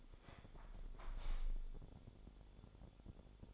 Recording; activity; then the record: daily activity, microphone in the room; close window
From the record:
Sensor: 5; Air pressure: 1015.0 hPa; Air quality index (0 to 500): 109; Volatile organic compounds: 2 ppm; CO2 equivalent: 1166 ppm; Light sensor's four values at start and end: 35/81/33/31 and 35/81/33/31